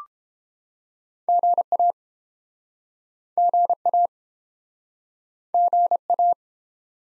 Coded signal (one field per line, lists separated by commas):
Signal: Morse code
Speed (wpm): 32 wpm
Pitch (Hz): 700 Hz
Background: none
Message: GA GA GA